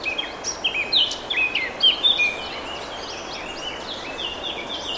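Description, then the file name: Eurasian blackcap warbling, with quick fluty whistles and short slurred notes packed in the first half, then fainter notes over a constant hiss. "Sylvia atricapilla"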